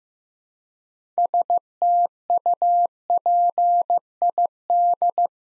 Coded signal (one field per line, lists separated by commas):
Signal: Morse code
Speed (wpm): 15 wpm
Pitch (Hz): 700 Hz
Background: none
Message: STUPID